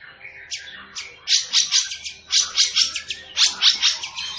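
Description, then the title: Long-tailed shrike song: a few rising whistled notes, then loud scratchy chattering phrases in quick bursts. Singing bird described as 'gacor', a local term for a bird in full, vigorous song. "Cendet Gacor"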